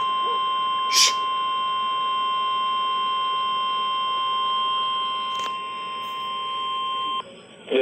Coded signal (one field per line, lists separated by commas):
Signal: Emergency Alert System (SAME) tones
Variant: 1050 Hz attention tone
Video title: EAS Flash flood warning white bear lake/ Blaine Minnesota KEC65 Midland WR400